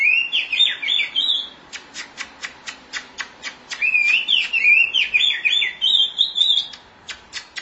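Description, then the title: Oriental magpie-robin singing fast whistled warbles interspersed with steady series of sharp clicking ticks. Chirping song (kicauan) of the bird. "Suara Kicauan Burung Kacer Durasi Panjang"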